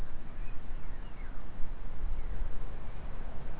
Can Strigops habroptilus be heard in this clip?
no